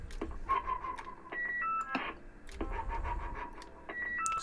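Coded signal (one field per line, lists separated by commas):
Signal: roger beep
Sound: two repeats of a steady tone that jumps higher, then a two-note chord, amid clicks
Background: radio static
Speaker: by holding the ptt and switching it on [Music] so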